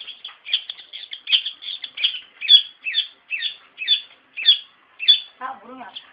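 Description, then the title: Bird song: bright chirped phrases repeated in quick succession, ending with a lower, harmonic wavering call. "Kicau Burung"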